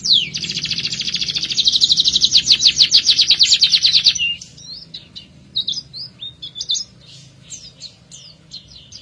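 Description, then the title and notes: Canary singing a loud rapid trill for about four seconds, followed by quieter scattered chirps and short whistled notes. Therapy recording for a canary that has stopped singing; F1 canary. "#18. TERAPI KENARI MACET. Kenari F1"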